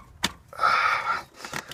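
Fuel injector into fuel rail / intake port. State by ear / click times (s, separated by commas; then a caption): not seated / none. A fuel injector with its O-ring is worked down into its seat in the fuel rail or intake port during an injector swap on a Chevy/GMC 4.8, 5.3 or 6.0 V8 engine. A sharp tap at about 0.2 s is followed by a sustained rubbing, squeaking sound from about 0.5 to 1.2 s and another short knock near 1.6 s. The injector has not seated or snapped in yet.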